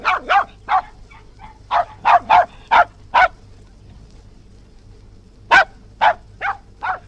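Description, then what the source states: West Highland white terrier giving a run of sharp barks, then a pause of about two seconds before another short series. Barking, recorded outdoors.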